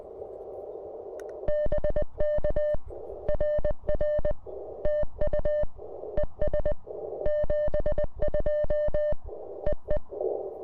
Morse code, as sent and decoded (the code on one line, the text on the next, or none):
-... -.- / .-. .-. / - ..- / . ... / --... ..--- / . .
BK RR TU ES 72 EE